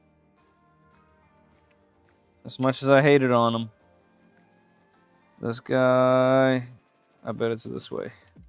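A cable connector is handled at a socket on a Prusa MK4S 3D printer during its conversion to a CORE ONE, with faint handling ticks around 1.7, 2.1 and 4.4 seconds while someone talks. Nothing has clicked or seated yet.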